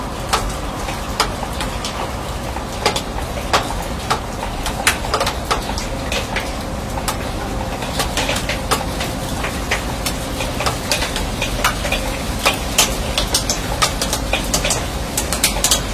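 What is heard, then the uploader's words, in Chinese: Rain drips onto a steel canopy, each drop landing as a sharp, bright tick over a steady hiss. The ticks fall irregularly but often, several per second, some louder than others, while a low constant rumble and a faint tone sit underneath throughout. 乡村晨雨【一小时纯音】- 在迷雾中被雨水唤醒的清晨、倾听远方鸟鸣。雨水滴落在钢铁顶棚。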